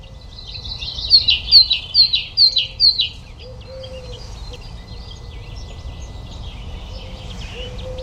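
Great tit giving five quick high two-note phrases near the start, then softer scattered bird notes over a background hiss.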